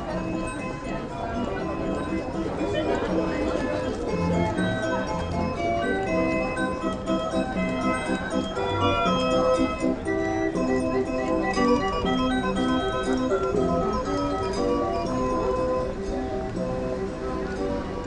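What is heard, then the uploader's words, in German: Christmas market bustle in Cologne's old town: steady crowd chatter with a bright tune of bell-like notes playing throughout, plus occasional clatter. In dieser Folge habe ich mich in den Weihnachtstrubel der Kölner Innenstadt begeben, um für euch Impressionen zu sammeln. Vom Wallraf-Platz über die Hohe Straße zum Weihnachtsmarkt "Am Alter Markt" und über die Schildergasse. Klingt die Kölner City im Dezember, 3 Wochen vor Weihnachten.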